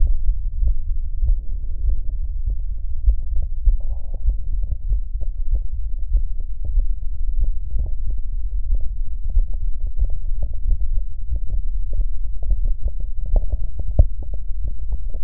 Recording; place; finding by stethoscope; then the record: heart sounds by stethoscope; mitral valve (MV); normal heart sounds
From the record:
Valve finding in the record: mitral regurgitation, grade 0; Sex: male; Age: 52 years